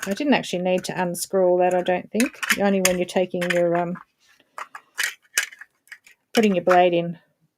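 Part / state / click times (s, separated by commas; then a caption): magnetic blade part into cutting tool body / not seated / none. A removable magnetic blade part is handled as it is refitted into the body of a sewing/cutting tool, where the magnets hold it in place. Someone talks, then a series of short clicks and taps is heard from about 4.6 to 6.1 seconds before the talking resumes. Nothing has seated or clicked into place yet.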